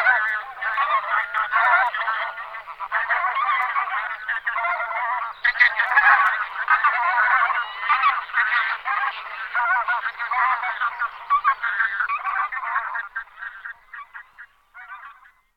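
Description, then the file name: Bean goose flock calling steadily, a thick chorus of nasal honks and cackles throughout that fades out near the end. "Husa polni Anser fabalis"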